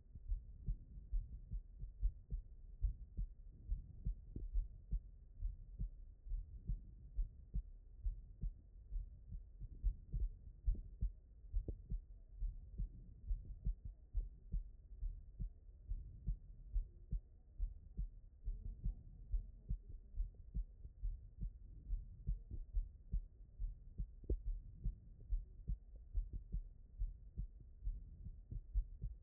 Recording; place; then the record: heart sounds by stethoscope; aortic valve (AV)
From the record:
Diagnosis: non-HFrEF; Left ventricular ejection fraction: 57%